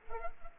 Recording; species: mosquito wingbeat signal from an infrared sensor; Culex pipiens